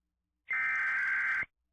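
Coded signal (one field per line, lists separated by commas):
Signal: Emergency Alert System (SAME) tones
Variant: header bursts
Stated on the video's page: Fictional EAS scenario about overpopulating rattlesnakes, not a real alert.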